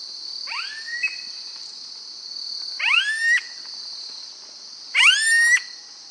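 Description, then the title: Smooth-billed ani repeating whiny rising calls, three spaced about two seconds apart, with a continuous high-pitched insect hum behind. "LuckyPassaro Completos2Sama. Smooth-billed Ani (Crotophaga ani)"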